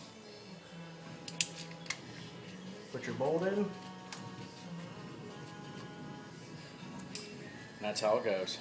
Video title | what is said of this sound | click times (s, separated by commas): 2005 Toyota Tundra 4.7L 120K service part 2. | plug it in here it Click | 1.4 s